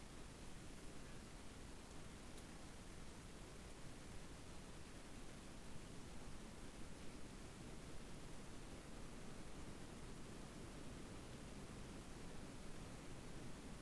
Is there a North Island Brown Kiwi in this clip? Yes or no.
no